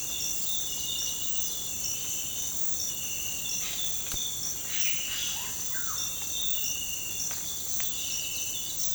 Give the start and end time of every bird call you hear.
[5.29, 5.96] bird call (0.4-2.3 kHz)

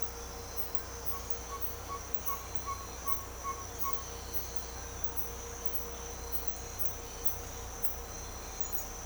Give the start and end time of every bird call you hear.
[1.05, 3.96] bird call (0.7-1.8 kHz)

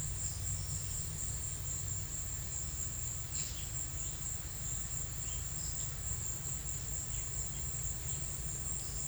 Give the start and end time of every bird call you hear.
[3.30, 3.73] bird call (2.4-5.9 kHz)
[5.17, 5.92] bird call (2.3-5.7 kHz)

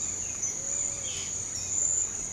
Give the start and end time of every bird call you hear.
[0.00, 1.87] bird call (1.9-5.3 kHz)

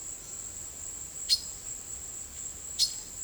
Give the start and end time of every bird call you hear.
[1.26, 1.48] bird call (2.6-6.3 kHz)
[2.73, 2.87] bird call (3.1-6.5 kHz)

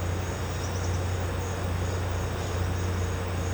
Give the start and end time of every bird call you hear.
[0.51, 0.99] bird call (4.4-6.4 kHz)

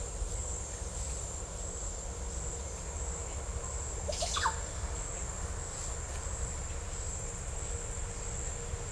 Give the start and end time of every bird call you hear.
[4.00, 4.59] bird call (0.1-5.7 kHz)

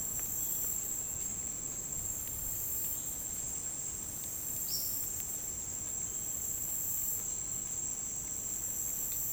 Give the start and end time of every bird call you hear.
[0.19, 1.30] bird call (1.8-4.6 kHz)
[4.64, 4.87] bird call (3.4-6.2 kHz)

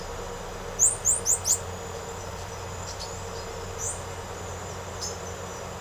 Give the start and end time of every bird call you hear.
[0.72, 1.59] bird call (3.8-10.1 kHz)
[2.74, 3.19] bird call (3.6-8.8 kHz)
[3.83, 4.11] bird call (5.6-9.3 kHz)
[4.87, 5.28] bird call (3.9-8.4 kHz)

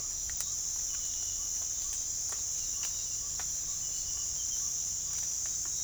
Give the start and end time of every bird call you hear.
[0.00, 4.88] bird call (0.7-1.7 kHz)

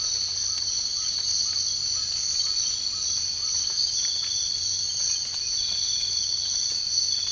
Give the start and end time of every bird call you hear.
[0.00, 3.57] bird call (0.7-1.9 kHz)

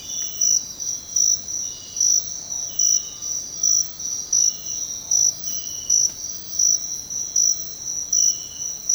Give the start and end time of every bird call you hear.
[2.86, 3.94] bird call (0.6-1.5 kHz)

